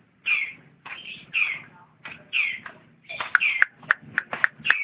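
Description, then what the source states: Lovebird calls: harsh, buzzy chirps in short bursts, turning into quicker sharp squeaks and clicks toward the end. Champion lovebird singing.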